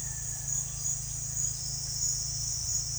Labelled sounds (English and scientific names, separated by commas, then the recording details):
none
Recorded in secondary vegetation near Puerto Asís, Putumayo, Colombia, on 24 June 2025 at 16:30
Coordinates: 0.498, -76.327
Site GP09